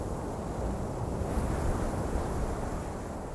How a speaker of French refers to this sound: Sans être très loin de Paris, finalement, les sonorités peuvent être complètement différentes. C'est le bruit des feuilles dans les arbres.